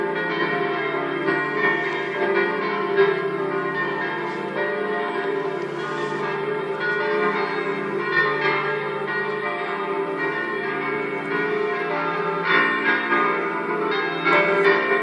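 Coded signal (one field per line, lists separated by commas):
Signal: bell signal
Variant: distesa, five swinging bells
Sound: several church bells swinging and ringing continuously in overlapping peals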